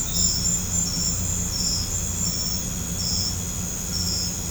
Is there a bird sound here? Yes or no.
no